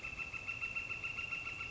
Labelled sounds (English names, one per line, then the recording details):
Northern Flicker
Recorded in Sonoma County, California